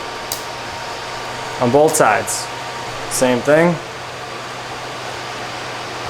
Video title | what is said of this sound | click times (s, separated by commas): How to Build a CPU Mining Rig 2022 - Step by Step | push until you hear it click | 0.3 s